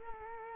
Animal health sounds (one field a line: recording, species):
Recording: mosquito wingbeat signal from an infrared sensor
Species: Culex quinquefasciatus